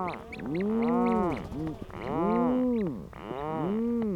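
Rhinoceros auklet calls: long, moaning harmonic groans that swell and fall, with short, high clipped notes in quick bursts.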